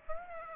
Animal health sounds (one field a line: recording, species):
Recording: mosquito wingbeat signal from an infrared sensor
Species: Aedes aegypti